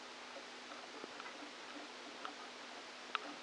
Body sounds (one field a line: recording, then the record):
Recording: brain microelectrode recording played as sound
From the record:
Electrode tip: outside the subthalamic nucleus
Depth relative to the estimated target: -10 mm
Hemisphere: right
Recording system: NeuroSet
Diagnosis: Parkinson's disease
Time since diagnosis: 13 years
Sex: male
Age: 49 years